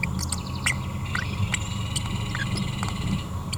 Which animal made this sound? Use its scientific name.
Forpus passerinus